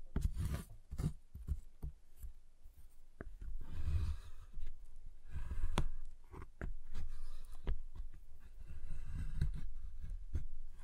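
A giant chocolate bar is tapped and handled, with frequent sharp clicks and snaps scattered irregularly over soft rubbing and scraping throughout.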